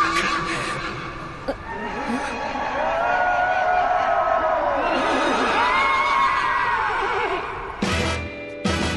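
A horse whinnies three times, long wavering high-pitched neighs that rise and fall, over a steady noisy background with faint murmuring.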